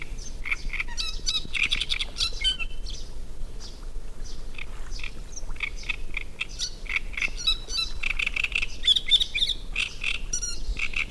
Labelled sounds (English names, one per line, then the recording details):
Great Reed Warbler
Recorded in the wild
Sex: male
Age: adult
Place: Müggelsee, Berlin, DE
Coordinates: 52.43, 13.64
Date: 1991-06-07 18:55
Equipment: Uher 4400 Report Monitor, Sennheiser ME 80, K 30 AV
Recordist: Fischer, Stefan